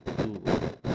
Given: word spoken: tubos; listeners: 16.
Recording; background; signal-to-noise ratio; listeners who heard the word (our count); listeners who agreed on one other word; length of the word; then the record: one Spanish word in noise, from a listening test; noise modulated by one talker; -10.4 dB; 0 of 16; 14 of 16; 0.55 s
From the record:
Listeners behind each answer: 14, 1, 1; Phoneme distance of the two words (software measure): 7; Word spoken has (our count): 2 syllables, 5 phonemes, stress on syllable 1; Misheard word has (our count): 2 syllables, 4 phonemes, stress on syllable 1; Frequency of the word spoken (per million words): 7.87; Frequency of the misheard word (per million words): 232.63